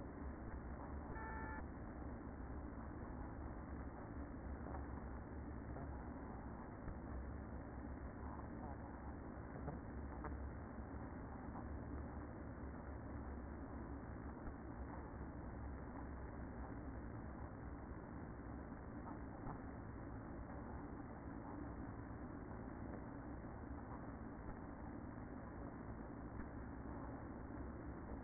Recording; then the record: honeybee colony, microphone inside the hive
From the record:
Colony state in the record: queen present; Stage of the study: after two queens were removed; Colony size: about 60,000 bees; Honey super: yes